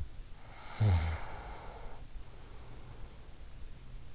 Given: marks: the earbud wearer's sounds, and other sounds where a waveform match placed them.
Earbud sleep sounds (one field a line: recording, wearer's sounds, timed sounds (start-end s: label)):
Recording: sounds in sleep by an in-ear microphone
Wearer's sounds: snoring breath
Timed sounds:
0.13-3.32 s: snoring breath